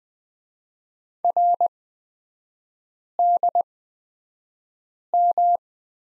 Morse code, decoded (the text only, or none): RDM